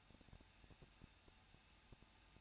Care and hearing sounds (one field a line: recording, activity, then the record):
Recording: daily activity, microphone in the room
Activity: no activity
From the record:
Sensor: 2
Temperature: 21.0 degrees Celsius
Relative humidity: 37.5%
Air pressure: 1006.3 hPa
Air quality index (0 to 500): 223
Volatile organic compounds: 25 ppm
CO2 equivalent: 2834 ppm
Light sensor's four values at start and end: 2/3/2/2 and 2/3/2/2